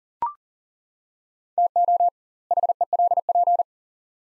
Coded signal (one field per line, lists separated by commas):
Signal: Morse code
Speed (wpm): 40 wpm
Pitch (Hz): 700 Hz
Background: none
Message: TO HELP